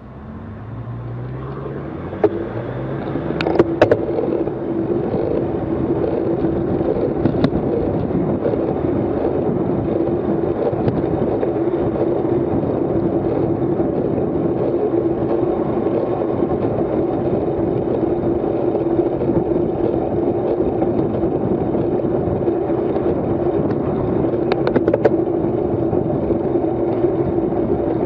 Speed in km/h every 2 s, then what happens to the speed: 24, 26, 25, 24, 25, 26, 27, 26, 26, 25, 26, 30, 31, 32.
0-18 steady at about 25. 18-28 speeds up to 32.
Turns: none.